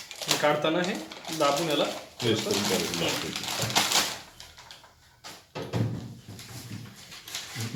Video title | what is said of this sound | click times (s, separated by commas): Ahuja Amplifier,Speaker and Mic System Installation.#Installation#ahuja#ahujaspeaker#ahujaamplifier | बस खटका खट म्हणून आवाज येईल हं ठीक आहे | 0.3 s